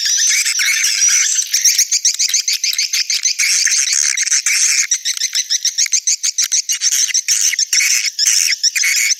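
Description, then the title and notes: Swiftlet twittering calls, a dense high chatter of rapid chirps and clicks in quick series, with no other sounds. Swiftlet sounds used in swiftlet farming in Asia. "Swiflet Bird Sound. Farming Swiflet Bird asia sound"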